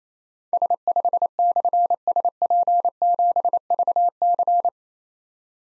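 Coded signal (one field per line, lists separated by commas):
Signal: Morse code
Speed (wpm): 27 wpm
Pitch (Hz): 700 Hz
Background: none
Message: S5/SP7VC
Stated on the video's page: Morse code practice drill of difficult call signs containing slashes, each sent at 28 wpm, then spoken, then sent again.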